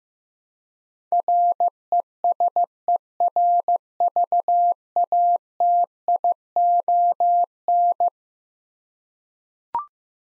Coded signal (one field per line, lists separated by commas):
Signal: Morse code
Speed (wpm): 15 wpm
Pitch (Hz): 700 Hz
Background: none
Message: RESERVATION